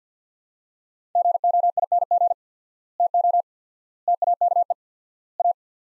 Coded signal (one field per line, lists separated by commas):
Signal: Morse code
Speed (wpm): 50 wpm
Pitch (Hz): 700 Hz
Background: none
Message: GOING TO TAKE A